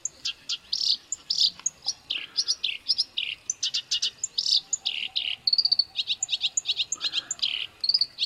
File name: suara kerakbasi alis hitam masteran